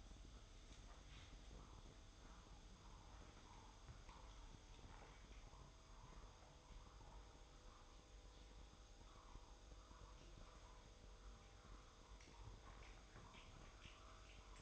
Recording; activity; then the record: daily activity, microphone in the room; make coffee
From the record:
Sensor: 3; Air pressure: 995.0 hPa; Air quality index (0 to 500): 75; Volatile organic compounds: 5 ppm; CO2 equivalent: 1741 ppm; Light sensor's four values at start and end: 16/47/20/17 and 17/50/21/18